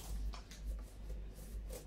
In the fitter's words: so and then just push it all the way around the edges until it doesn't click in anymore okay